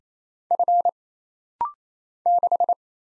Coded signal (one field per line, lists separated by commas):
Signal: Morse code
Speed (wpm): 29 wpm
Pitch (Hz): 700 Hz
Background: none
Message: F 6